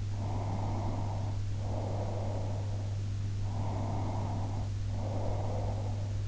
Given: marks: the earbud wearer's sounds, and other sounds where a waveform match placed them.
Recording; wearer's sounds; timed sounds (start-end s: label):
sounds in sleep by an in-ear microphone; breath
0.24-2.75 s: breath
3.62-6.21 s: breath